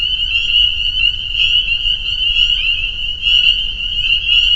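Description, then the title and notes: Spring peepers piping nonstop, shrill overlapping peeps forming a bright continuous ring, loudness gently rising and falling. Soundscape at a peeper pond on friends' property in northern Vermont. "Peepers. the peeper pond on our friends' property in northern Vermont"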